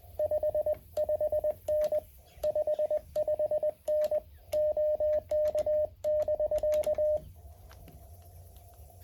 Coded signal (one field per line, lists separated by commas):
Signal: Morse code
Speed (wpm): 20 wpm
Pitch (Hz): 610 Hz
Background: none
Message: 55N 55N OK<BK>